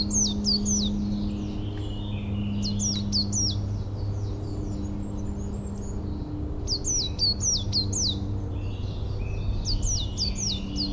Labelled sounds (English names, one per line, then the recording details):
Coal Tit song
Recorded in the wild
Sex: male
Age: adult
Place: Runding, Bayrischer Wald, Bayern, DE
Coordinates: 49.2158, 12.8067
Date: 2004-06-30
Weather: fair, 15°C, weak to moderate winds
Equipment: Tascam DA-P1, Sennheiser MKH 70, Windkorb
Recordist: Frommolt, Karl-Heinz